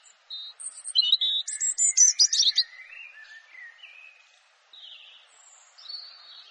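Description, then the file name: European robin song with thin high whistles leading into a rapid twittering trill, followed by softer warbled notes and faint high phrases. "canto do pisco de peito ruivo"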